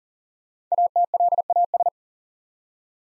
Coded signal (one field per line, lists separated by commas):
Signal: Morse code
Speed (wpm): 43 wpm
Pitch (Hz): 700 Hz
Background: none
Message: ATLAS